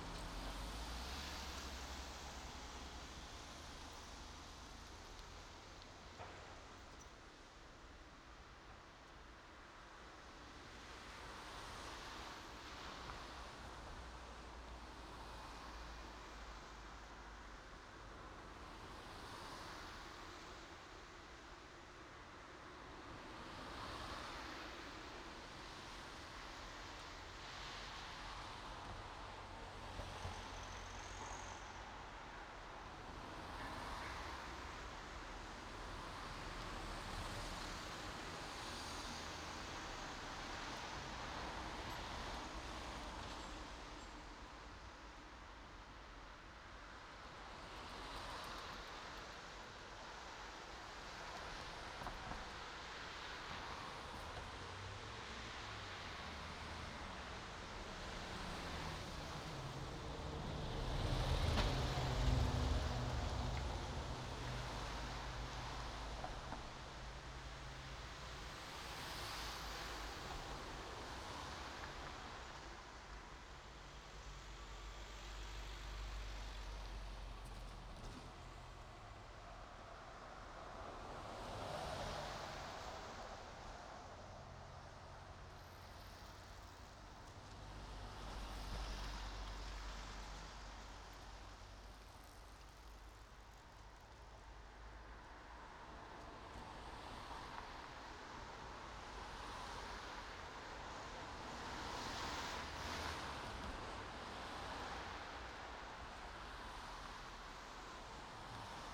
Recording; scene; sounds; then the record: everyday scene through a hearing-aid microphone; in traffic; traffic, machine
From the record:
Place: main road on the outskirts, rush hour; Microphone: in the ear canal, right